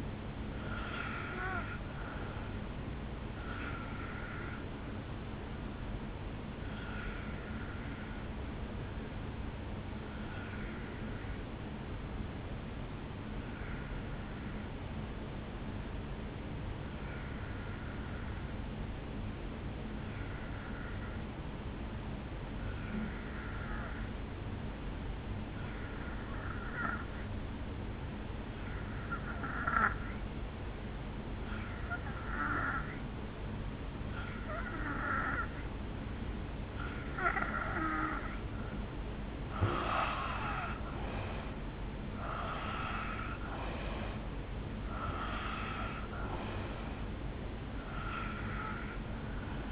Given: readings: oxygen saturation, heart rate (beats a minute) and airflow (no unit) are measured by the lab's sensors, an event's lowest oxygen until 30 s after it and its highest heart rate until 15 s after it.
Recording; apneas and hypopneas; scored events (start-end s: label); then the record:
breathing in sleep by a voice recorder at the bedside; 1
7.00-39.00 s: hypopnea (N2, oxygen 94% highest, then 82% lowest, heart rate 65 at the start, 71 highest)
From the record:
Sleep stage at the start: N2 (light sleep); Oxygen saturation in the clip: 83 to 94%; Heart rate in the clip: 57 to 71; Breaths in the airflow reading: 9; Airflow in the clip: -8.9 to 4.6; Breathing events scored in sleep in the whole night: 449 in 7.0 hours asleep